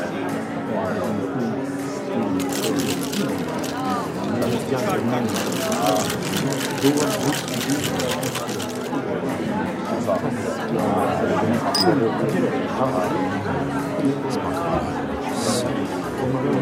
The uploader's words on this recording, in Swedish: Baren. En timme sorlande barljud.